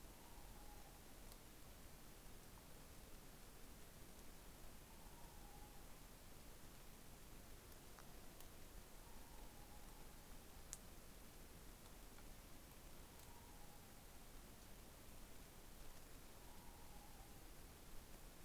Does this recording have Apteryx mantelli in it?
no